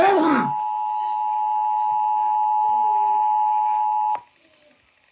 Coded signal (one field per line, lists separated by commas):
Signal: Emergency Alert System (SAME) tones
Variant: 853 and 960 Hz attention tone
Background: speech